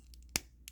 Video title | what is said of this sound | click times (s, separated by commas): Who's the better Fossilizer? Masterdominus or Ractonite? | it goes in and there's like a click at the end i'm not exactly sure how they did that or if that's an accident or something but | 0.4 s